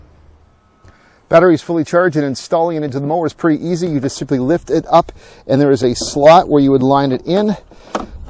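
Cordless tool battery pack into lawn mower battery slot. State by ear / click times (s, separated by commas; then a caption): not seated / none. Someone talks while a fully charged 60V cordless battery pack is handled for installation into the battery slot of a Toro Recycler 60V cordless lawn mower: the lid is lifted and the pack is lined up with its slot. A brief sharp sound occurs near 8.0 s, but the battery has not yet been pressed home, and nothing has seated or clicked yet.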